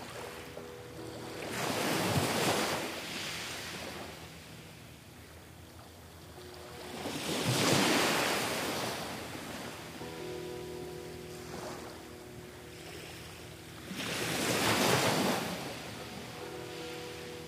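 Small ocean waves lap at the shore in three gentle surges, around two, eight and fifteen seconds, each swelling into a soft hiss and fading back. Between them the water stays quiet, with a faint low hum and a light wind rumble underneath.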